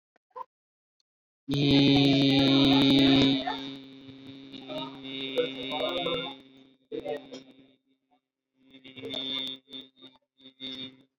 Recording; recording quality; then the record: sustained vowel as in beet; excellent, no background noise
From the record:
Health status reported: COVID-19 positive, mild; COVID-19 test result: positive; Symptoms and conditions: breathing difficulty, fever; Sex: male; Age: 38 years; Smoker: not ticked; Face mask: worn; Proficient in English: yes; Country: India